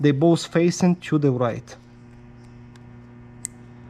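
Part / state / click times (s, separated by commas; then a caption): charging port wire terminal into mating connector / seated / 3.4 s. On the charging port of a Rosso electric quad model R and T, red and black wire connectors with their locking tabs facing right are pushed into the mating connector and then wiggled to check that they hold. Someone talks for the first 1.6 seconds, then a steady low hum remains, with a faint tick at 2.8 seconds. A sharp click at 3.5 seconds marks the connector seating.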